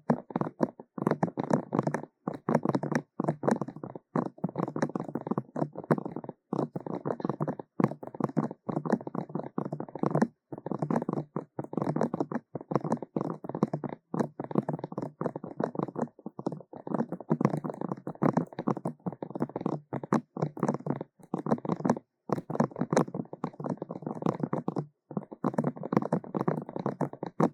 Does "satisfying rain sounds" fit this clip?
no